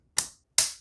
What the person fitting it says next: and there it is snap right into place